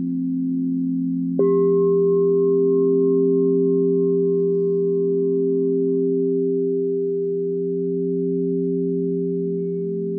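Crystal singing bowls hum in a steady low drone, then a second bowl enters near the start with a brighter tone that sustains throughout.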